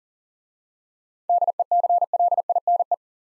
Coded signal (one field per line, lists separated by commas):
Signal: Morse code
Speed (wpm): 38 wpm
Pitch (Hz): 700 Hz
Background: none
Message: DECLINE